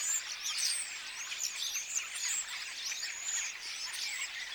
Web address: paivat 22 8 2026 ilmeisesti tassa nuoret kottaraiset laulavat kuorossa